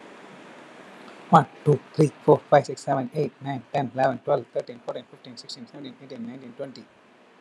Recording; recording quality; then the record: counting at a normal pace; moderate, slight background noise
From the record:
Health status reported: healthy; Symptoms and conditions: none ticked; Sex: male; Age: 37 years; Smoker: not ticked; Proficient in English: yes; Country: India